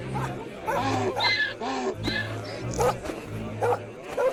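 Donkeys bray in loud, harsh, wavering bursts, mixed with barking dogs and people shouting, forming a continuous noisy commotion of overlapping animal cries.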